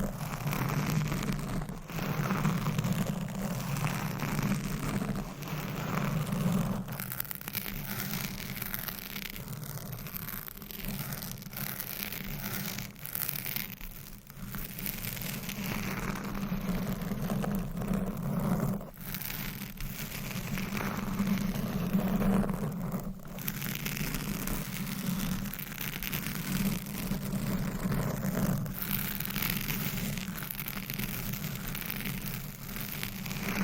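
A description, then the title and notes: Scratching and tapping for a massage, heard as a steady, dense rustling texture with a low hum underneath. Brief sharper taps stand out every few seconds, around 2, 7, 14, 19, 23 and 28 seconds, while the overall level stays fairly even. ASMR Hypnotic Triggers Changing Every 60 Seconds Scratching , Tapping , Massage etc No Talking.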